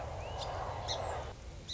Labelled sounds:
Song Sparrow
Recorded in Sonoma County, California

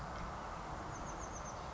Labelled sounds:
Oak Titmouse
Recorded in Sonoma County, California

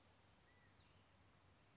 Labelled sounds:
California Quail
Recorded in Sonoma County, California

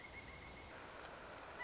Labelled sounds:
Pileated Woodpecker
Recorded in Sonoma County, California

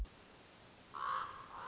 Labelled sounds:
Common Raven
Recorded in Sonoma County, California

